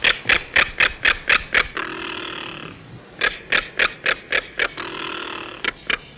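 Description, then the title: Southern crested caracara giving dry rattling clicks in quick series, each run ending in a long harsh scraping note, the pattern repeated twice, then a few more clicks. Harsh cry typically given from visible perches such as fences, posts and branches with head thrown back; lives in family groups or pairs, sometimes alone. "Museo de Ciencias de Bahía Blanca. Carancho"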